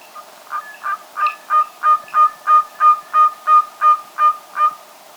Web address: Natures Songs S America Birds of Ecuador Andean Pygmy Owl